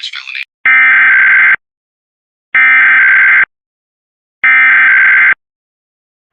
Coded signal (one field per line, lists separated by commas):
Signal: Emergency Alert System (SAME) tones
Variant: header bursts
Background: speech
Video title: (EAS #139) Required Monthly Test in MD (Feb 25th 2026)